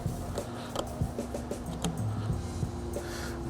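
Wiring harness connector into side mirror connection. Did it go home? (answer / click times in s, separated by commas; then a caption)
yes / 0.8 s, 1.9 s. While the side mirror is mounted on a 2021+ Ford F-150 during a keyless entry keypad upgrade, the keypad wiring harness connector is pushed home into the side mirror connection over a steady tonal, music-like background. Sharp clicks are heard at 0.8 s and 1.9 s, and the connector is seated.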